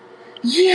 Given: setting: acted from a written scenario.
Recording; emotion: vocal sound without words; elation